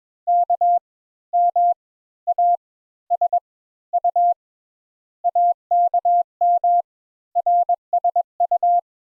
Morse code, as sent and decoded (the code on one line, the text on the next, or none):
-.- / -- / .- / ... / ..- / .- -.- -- / .-. ... ..-
K M A S U AKM RSU